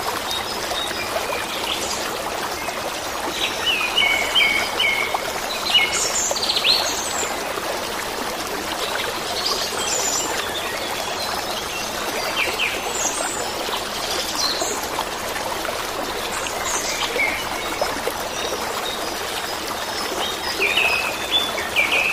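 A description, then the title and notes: Water murmurs steadily through a forest, a dense, even trickle filling the mid and upper range for the whole stretch. Birds chirp over it every few seconds, bright short calls and brief warbling phrases. Forest Ambience, Water Sounds, and Birds Singing. Water murmuring and birds chirping.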